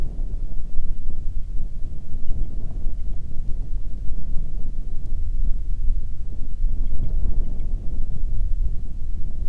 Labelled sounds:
bird
wind
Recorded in the Arctic National Wildlife Refuge, Alaska, on 1 June 2019 at 20:08
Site 37

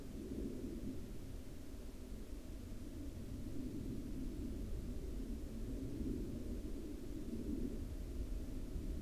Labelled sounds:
aircraft
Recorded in the Arctic National Wildlife Refuge, Alaska, on 22 July 2019 at 02:45
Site 42

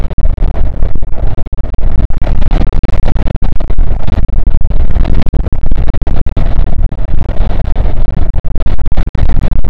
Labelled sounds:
wind
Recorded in the Arctic National Wildlife Refuge, Alaska, on 5 June 2019 at 00:01
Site 48

